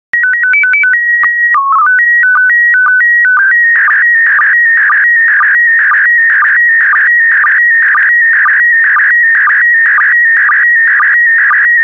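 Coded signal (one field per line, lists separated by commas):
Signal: SSTV (slow-scan television)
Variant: PD 120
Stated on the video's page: SSTV images sent in PD120 mode, for daily decoding practice.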